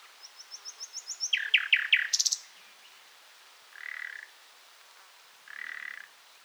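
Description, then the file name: Common nightingale song phrase: a run of soft repeated high notes swelling into loud rich chirps, followed by two short buzzy sounds. "Luscinia megarhynchos"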